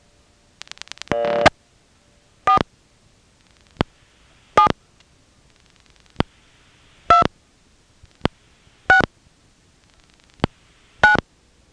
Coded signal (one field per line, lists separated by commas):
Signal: DTMF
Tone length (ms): 110 ms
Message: 4 7 2 6 9